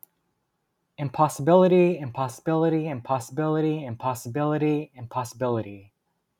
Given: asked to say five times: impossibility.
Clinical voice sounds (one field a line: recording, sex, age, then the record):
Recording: repeated word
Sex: male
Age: 30 to 39 years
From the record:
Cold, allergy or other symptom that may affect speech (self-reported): no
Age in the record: 30 years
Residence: New York, United States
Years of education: 19